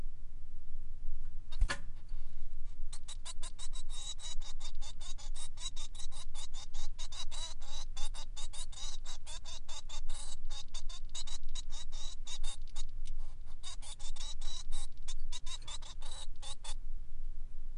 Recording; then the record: song of a male Bengalese finch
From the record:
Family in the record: son of father 3